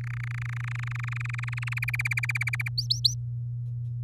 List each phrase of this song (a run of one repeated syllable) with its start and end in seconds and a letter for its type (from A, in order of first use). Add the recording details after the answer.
0.01-1.74 A, 1.76-2.69 B, 2.78-3.14 C. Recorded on 9 May 2018 at 05:42. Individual llb16